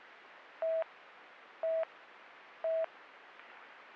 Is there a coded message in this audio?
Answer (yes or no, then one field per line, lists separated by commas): no